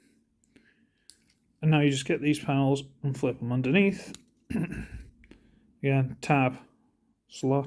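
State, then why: Not seated. Plastic panels of a Transformers Kingdom Deluxe Pipes action figure are flipped underneath, and a panel tab is pushed toward its slot; the panels are meant to soft-lock into place. Someone talks over faint handling clicks and light plastic taps. Nothing has seated or clicked into place yet.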